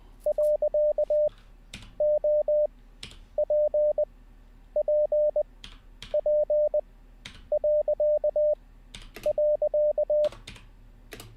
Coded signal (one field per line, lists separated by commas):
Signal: Morse code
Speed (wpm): 20 wpm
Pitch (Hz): 600 Hz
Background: none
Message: . O P P P . .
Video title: How To Learn Morse Code LIVE with N0SSC (Day 8)